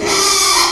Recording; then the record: squeal of a Yucatan mini pig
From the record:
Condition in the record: after surgery on the right vocal fold (resection and tissue-engineered implant); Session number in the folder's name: 2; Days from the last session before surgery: 13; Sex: male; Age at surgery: 12 weeks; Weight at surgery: 13 kg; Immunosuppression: cyclosporine, prednisolone